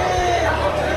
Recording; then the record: background sound without coughing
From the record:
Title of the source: CITY SOUNDS Busy Bar in the Evening Night - 2 HOURS of Ambiance for Relaxation